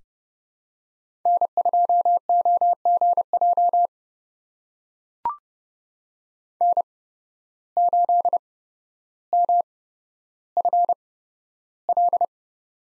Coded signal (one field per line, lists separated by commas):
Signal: Morse code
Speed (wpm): 30 wpm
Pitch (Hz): 700 Hz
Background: none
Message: N2OGJ N8MFL